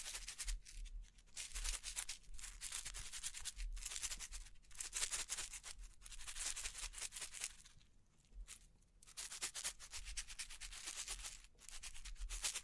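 Bling triggers come as dense, bright scratching and rubbing in quick strokes that run almost without break. Short pauses fall near 1, 4, 8–9 and 11.5 seconds, and a low steady hum sits underneath throughout.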